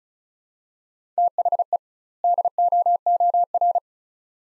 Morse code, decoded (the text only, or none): THE DOOR